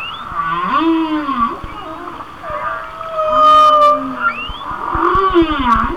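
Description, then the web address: Whale song of long, overlapping moans and whistles, some swooping up and down. "Natures Songs Whale Songs Whale Songs"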